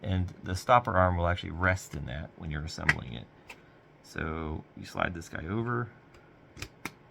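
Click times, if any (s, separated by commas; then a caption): 6.9 s. A 3D printed plastic stopper arm on a desktop catapult is slid over into the small detents at the top of the frame while someone talks. It snaps in place at 6.9 s, a short sharp click among a few faint ticks. It is seated but not very tight.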